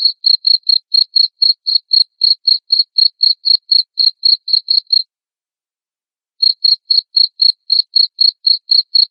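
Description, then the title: Cricket chirping rapidly for five seconds, a short silence, then the same shrill pulsed chirps continue. Loud cricket chirping (ngerik) played to make lovebirds sing continuously (ngekek). "Suara JANGKRIK NGERIK Keras Bikin LOVEBIRD Jadi NGEKEK Terus Vubey"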